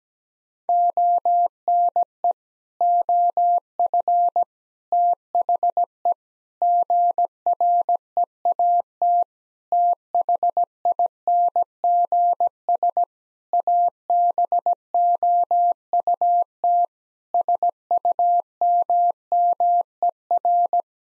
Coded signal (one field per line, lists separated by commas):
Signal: Morse code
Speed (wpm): 17 wpm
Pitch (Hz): 700 Hz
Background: none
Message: ONE OF THE GREAT THINGS ABOUT SUMMER